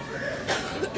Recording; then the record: coughing mixed with background sound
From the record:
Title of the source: 64 coughing, allergies, singing lungs